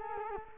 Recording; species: mosquito wingbeat signal from an infrared sensor; Culex quinquefasciatus